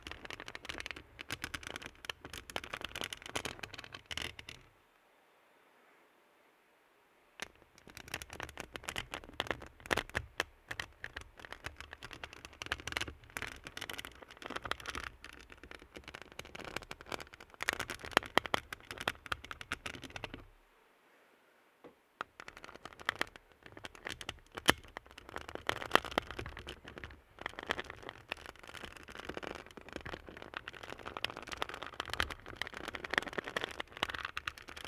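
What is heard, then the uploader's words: Rapid, rhythmic nail tapping forms a dense, crackly patter of bright clicks, broken by brief near-silent pauses around five and twenty seconds. The delicate sounds of rhythmic nail taps.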